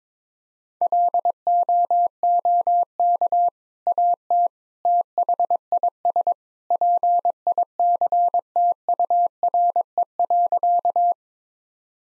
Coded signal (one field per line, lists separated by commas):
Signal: Morse code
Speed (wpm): 22 wpm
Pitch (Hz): 700 Hz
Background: none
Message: LOOK AT THIS PICTURE.